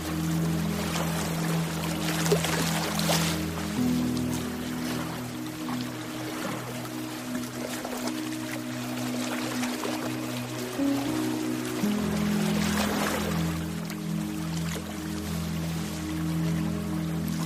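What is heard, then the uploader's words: Steady low sustained tones hum beneath a soft wash of ocean waves, swelling gently around three, nine and thirteen seconds, calm throughout. Deep Ocean Sleep Ambience: Sleep Music & Ocean Waves. Ocean waves sounds and sleep-inducing music.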